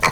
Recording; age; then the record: pig call; piglet (1 to 25 days)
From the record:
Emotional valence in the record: positive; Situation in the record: reunion after long isolation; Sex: male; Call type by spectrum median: low-frequency call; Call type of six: low-frequency tonal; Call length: 0.12 s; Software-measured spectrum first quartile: 889 Hz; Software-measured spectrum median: 1651 Hz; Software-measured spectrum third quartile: 2694 Hz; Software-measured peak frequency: 1066 Hz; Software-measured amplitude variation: 113 dB a second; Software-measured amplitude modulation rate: 4.3 a second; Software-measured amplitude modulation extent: 26.5 dB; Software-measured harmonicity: 0.8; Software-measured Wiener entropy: -1.36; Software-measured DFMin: 1007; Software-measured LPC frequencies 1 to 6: 1066, 1995, 2323, 3343, 4280, 5674 Hz